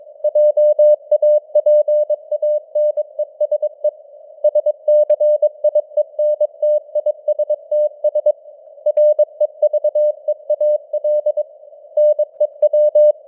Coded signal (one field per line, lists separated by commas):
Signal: Morse code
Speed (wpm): 22 wpm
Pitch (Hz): 600 Hz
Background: none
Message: JAPANESE SCIENTISTS REVEAL NEW